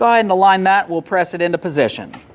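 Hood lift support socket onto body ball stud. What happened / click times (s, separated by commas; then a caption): Handled, not yet home: no seating click yet / none. The lower socket end of a new gas hood lift support for a 2015-2020 Ford F-150 is being aligned with the ball stud on the vehicle body, ready to be pressed on, while someone talks throughout. Nothing has seated or clicked yet.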